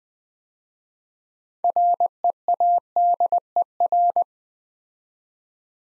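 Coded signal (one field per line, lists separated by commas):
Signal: Morse code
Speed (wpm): 21 wpm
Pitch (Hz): 700 Hz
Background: none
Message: READER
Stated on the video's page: Morse practice at 20 wpm: six-letter words sent twice for head-copy, with the first three letters given beforehand.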